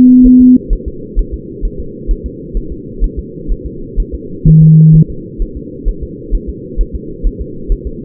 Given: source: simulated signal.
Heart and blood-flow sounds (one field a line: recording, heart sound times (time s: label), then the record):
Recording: fetal heart sounds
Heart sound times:
0.26 s: S1
0.41 s: S2
0.73 s: S1
0.88 s: S2
1.19 s: S1
1.34 s: S2
1.65 s: S1
1.80 s: S2
2.11 s: S1
2.26 s: S2
2.57 s: S1
2.72 s: S2
3.04 s: S1
3.19 s: S2
3.52 s: S1
3.66 s: S2
4.00 s: S1
4.15 s: S2
4.48 s: S1
4.63 s: S2
4.95 s: S1
5.10 s: S2
5.42 s: S1
5.57 s: S2
5.88 s: S1
6.03 s: S2
6.35 s: S1
6.49 s: S2
6.81 s: S1
6.95 s: S2
7.27 s: S1
7.41 s: S2
7.72 s: S1
7.87 s: S2
From the record:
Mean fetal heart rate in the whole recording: 130 bpm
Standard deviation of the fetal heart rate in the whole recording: 4 bpm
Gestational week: 38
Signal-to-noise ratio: -4.3 dB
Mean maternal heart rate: 72 bpm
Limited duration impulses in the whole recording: present